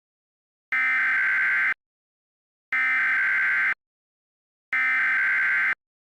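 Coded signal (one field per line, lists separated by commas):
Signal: Emergency Alert System (SAME) tones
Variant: header bursts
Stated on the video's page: Mock tornado warning EAS alert, a fictional recreation.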